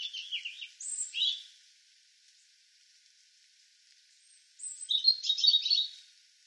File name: Erithacus rubecula